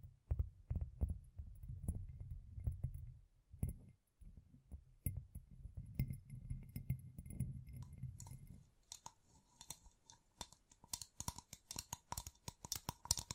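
Fingertips covered in gems tap and scratch in quick, irregular bursts. For the first eight seconds a low, rumbling scrape runs under dense clicks, with a short pause near four seconds. After that the scraping drops away and sharp, bright taps and clicks take over, coming fast and unevenly.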